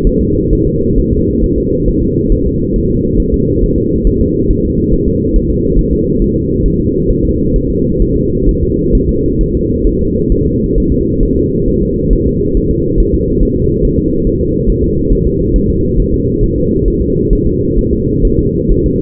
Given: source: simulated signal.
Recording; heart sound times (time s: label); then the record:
fetal heart sounds
0.07 s: S1
0.21 s: S2
0.53 s: S1
0.67 s: S2
0.98 s: S1
1.13 s: S2
1.44 s: S1
1.58 s: S2
1.88 s: S1
2.02 s: S2
2.32 s: S1
2.46 s: S2
2.76 s: S1
2.90 s: S2
3.20 s: S1
3.34 s: S2
3.63 s: S1
3.78 s: S2
4.07 s: S1
4.21 s: S2
4.50 s: S1
4.65 s: S2
4.94 s: S1
5.08 s: S2
5.36 s: S1
5.50 s: S2
5.79 s: S1
5.93 s: S2
6.22 s: S1
6.36 s: S2
6.66 s: S1
6.80 s: S2
7.10 s: S1
7.25 s: S2
7.56 s: S1
7.70 s: S2
8.02 s: S1
8.17 s: S2
8.49 s: S1
8.63 s: S2
8.95 s: S1
9.09 s: S2
9.41 s: S1
9.55 s: S2
9.87 s: S1
10.01 s: S2
10.32 s: S1
10.46 s: S2
10.78 s: S1
10.92 s: S2
11.23 s: S1
11.37 s: S2
11.68 s: S1
11.83 s: S2
12.13 s: S1
12.27 s: S2
12.57 s: S1
12.71 s: S2
13.00 s: S1
13.14 s: S2
13.43 s: S1
13.57 s: S2
13.85 s: S1
13.99 s: S2
14.27 s: S1
14.41 s: S2
14.69 s: S1
14.84 s: S2
15.12 s: S1
15.27 s: S2
15.56 s: S1
15.70 s: S2
16.00 s: S1
16.14 s: S2
16.44 s: S1
16.58 s: S2
16.88 s: S1
17.02 s: S2
17.33 s: S1
17.47 s: S2
17.78 s: S1
17.93 s: S2
18.25 s: S1
18.39 s: S2
18.72 s: S1
18.86 s: S2
From the record:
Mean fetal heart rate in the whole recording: 135 bpm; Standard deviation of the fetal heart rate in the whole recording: 3 bpm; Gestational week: 36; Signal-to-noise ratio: -14.7 dB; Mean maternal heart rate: 72 bpm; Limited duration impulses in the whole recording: present